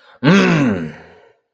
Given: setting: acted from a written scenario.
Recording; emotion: vocal sound without words; anger